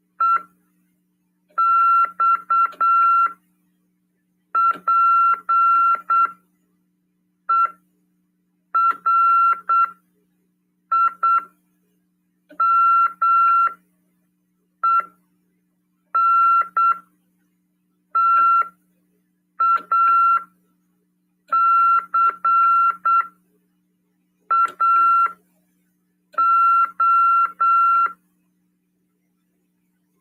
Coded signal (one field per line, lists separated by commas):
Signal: Morse code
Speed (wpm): 8 wpm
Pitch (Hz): 1360 Hz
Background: none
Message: EXPERIMENTACAO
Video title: RADIOAMADOR 17/12/2022 "AULA 46: CW, LEGIS e C.RODADA" FM 146.410 Mhz PY2EXU PAULO SP/SP CRASP/RAF.